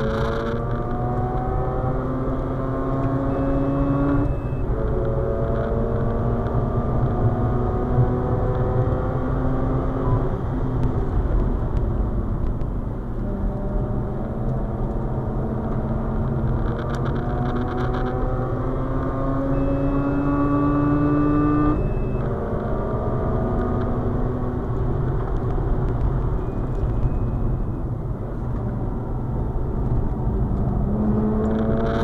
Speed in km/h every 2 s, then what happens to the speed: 115, 123, 135, 145, 151, 109, 99, 101, 114, 127, 134, 142, 128, 101, 93, 103.
0-8 speeds up to 151. 8-11 brakes to 99. 14-21 speeds up to 142. 21-27 brakes to 93. 29-32 speeds up to 103.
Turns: 10-15, 26-32.